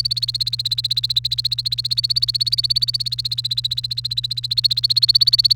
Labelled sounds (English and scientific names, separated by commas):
Domestic Canary (Serinus canaria) song